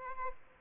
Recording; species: mosquito wingbeat signal from an infrared sensor; Aedes albopictus